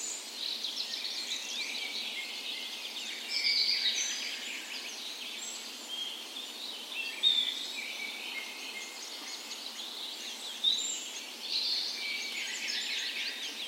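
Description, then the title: Birds in a dawn chorus, a steady wash of high twittering and faint chirps with a few slightly louder notes now and then. Spring dawn chorus recorded on the morning of 17 May, Norway's National Day, in a park west in Bergen, Norway; Sony PCM A10 recorder with LOM micro Usi microphones as tree ears. "17th Of May Dawn Chorus"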